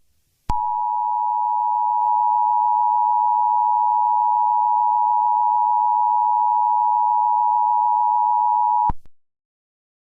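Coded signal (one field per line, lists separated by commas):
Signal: Emergency Alert System (SAME) tones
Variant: 853 and 960 Hz attention tone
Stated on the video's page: Fictional EAS scenario.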